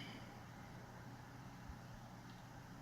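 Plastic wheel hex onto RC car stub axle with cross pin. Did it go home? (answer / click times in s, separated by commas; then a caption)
no / none. A plastic wheel hex is picked up and lined up on the cross pin of a stub axle on a Traxxas Slash 2x4 RC car during a drive shaft change. Only a steady low hum is heard, with a faint low bump around 1.7 s. The hex has not snapped or clicked into place yet.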